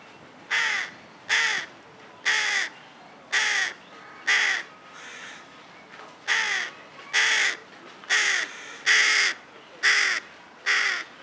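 Carrion crow delivering about a dozen hoarse caws about a second apart, one of them fainter, over a quiet background.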